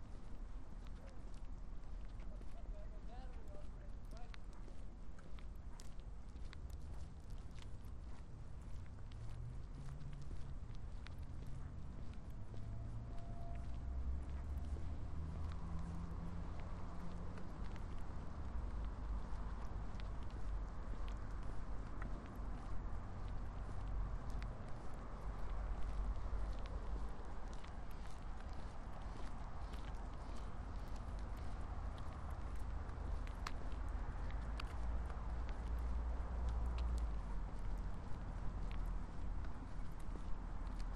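A walk through Marpole, with a steady low rumble of traffic underneath throughout. Frequent small clicks and footstep-like taps run across the whole stretch, and a few faint voices or tones drift by in the first half before the rumble thickens after about fifteen seconds.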